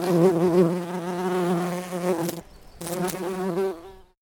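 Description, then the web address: Bumblebee humming with a steady, low buzz that breaks off for a moment halfway through, then resumes briefly and fades out. "Lynne Music 2 Bumble-Bee-Buzzing"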